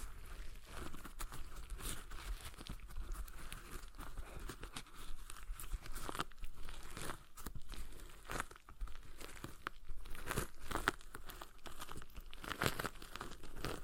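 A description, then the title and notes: A stress ball is squeezed and worked continuously, making dense crinkling and crackling sounds like plastic or a mesh skin being crumpled. Sharp, bright snaps and pops break through every second or so, with slightly louder bursts near six, ten and twelve seconds. ASMR Relaxing Stress Ball Sounds (No Talking).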